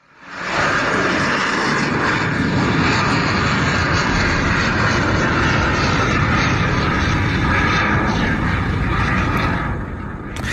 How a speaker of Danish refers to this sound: Det her er lyden af et af de alt 59 Tomahawk-missiler, som Donald Trump natten til torsdag beordrede, at USA skulle affyre mod Syrien, nærmere betegnet mod Al-Shariat flybasen, som ligger midt mellem Damaskus i Syrien mod syd og Khan Shaykhun i nord